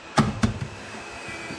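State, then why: Not seated. The lens (trim cover) of a recessed ceiling light fixture is pushed further into its housing, giving two sharp knocks near 0.2 and 0.4 seconds, a softer one around 0.6 seconds, and then a low steady background. The lens is only being handled so far; it has not clicked into place or seated yet.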